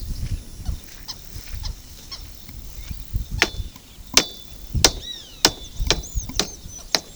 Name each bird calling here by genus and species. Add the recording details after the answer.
Vanellus chilensis, Rupornis magnirostris, Sporophila intermedia. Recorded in pastures near Puerto Asís, Putumayo, Colombia, on 18 February 2024 at 10:00. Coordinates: 0.466, -76.323. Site G6384